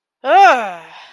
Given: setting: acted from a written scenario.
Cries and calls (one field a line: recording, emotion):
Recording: vocal sound without words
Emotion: anger